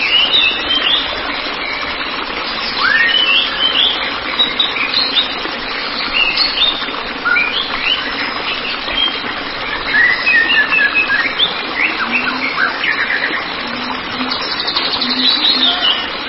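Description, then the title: White-rumped shama song: a busy, varied, near-continuous stream of sharp notes and whistles over heavy background noise. "Kicau Murai Batu"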